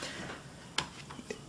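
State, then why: Seated. A removable hard-drive module is pushed one-handed into the side modular bay of a vintage Toshiba Tecra 780CDM laptop. A sharp plastic click at 0.8 s marks it clipping securely into place, followed by a softer tick at 1.3 s.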